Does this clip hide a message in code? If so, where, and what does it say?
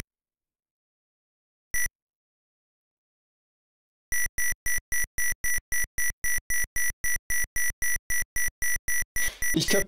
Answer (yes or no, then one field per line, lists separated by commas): no